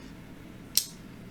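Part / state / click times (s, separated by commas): folding knife blade locking open on its button lock plunger / seated / 0.8 s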